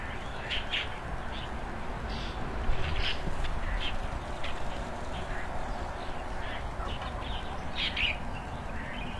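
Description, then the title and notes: Repeated quick bird chirps come in irregular bursts over low, steady background noise. Several birds frolicking on tree branches in early morning in front of a rural house, peaceful and quiet setting. "乡间屋前鸟儿欢快嬉闹中. 清晨起床，推开窗户，只见鸟儿嬉闹于枝头"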